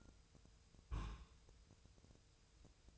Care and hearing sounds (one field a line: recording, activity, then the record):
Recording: daily activity, microphone in the room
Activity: place on stove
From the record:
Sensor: 2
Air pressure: 999.2 hPa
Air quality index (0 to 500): 195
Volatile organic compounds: 27 ppm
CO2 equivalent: 2886 ppm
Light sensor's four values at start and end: 6/15/6/6 and 6/15/6/6